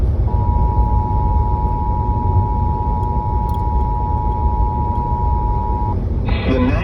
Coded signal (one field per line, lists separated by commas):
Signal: Emergency Alert System (SAME) tones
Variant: 853 and 960 Hz attention tone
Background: speech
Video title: Tornado Watch #79 on WCJZ 105.7 FM (EAS #101)